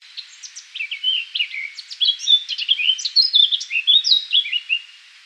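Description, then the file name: Eurasian blackcap song: a rapid, varied warble of sweet, fluty notes and quick twitters, lasting about five seconds. "Sylvia atricapilla"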